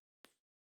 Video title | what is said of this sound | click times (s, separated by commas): Standard Rolleiflex: The Camera Maker Got It Right with This Model - Camera Talk | uh focusing Hood to snap into place | 0.2 s